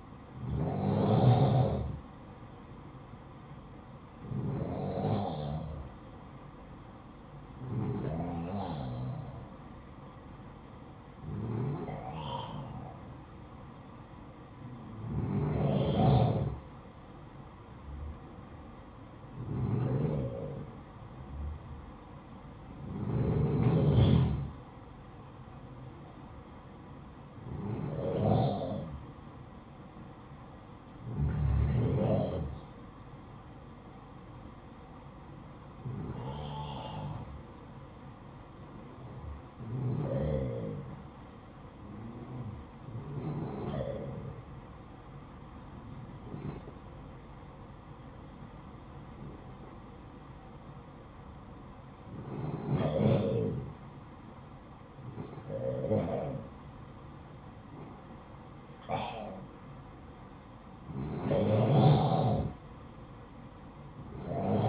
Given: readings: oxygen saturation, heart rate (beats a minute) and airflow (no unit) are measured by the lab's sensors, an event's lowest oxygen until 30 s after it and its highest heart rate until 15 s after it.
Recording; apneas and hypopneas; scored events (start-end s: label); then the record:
breathing in sleep by a smartphone at the bedside; 1
39.00-58.00 s: hypopnea (N2, oxygen 95% highest, then 91% lowest, heart rate 56 at the start, 65 highest)
From the record:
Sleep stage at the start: N2 (light sleep); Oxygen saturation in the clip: 91 to 96%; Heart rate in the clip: 56 to 65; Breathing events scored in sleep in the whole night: 573 in 9.8 hours asleep